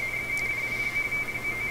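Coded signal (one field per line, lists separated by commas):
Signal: RTTY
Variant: 45.45 baud Baudot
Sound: rapid warbling between two close high tones, steady teletype chatter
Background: low hum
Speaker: so the hal st 6000 is receiving 45 bada code on the DS 3100 ASR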